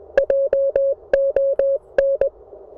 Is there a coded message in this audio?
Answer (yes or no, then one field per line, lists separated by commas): yes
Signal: Morse code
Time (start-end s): 0.2-2.3 s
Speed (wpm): 19 wpm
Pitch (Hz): 590 Hz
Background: none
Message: JON